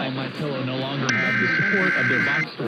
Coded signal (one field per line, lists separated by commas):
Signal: Emergency Alert System (SAME) tones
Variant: header bursts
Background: speech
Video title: April Weekend Tests Finale (EAS #17627-17633) 4/27-28/24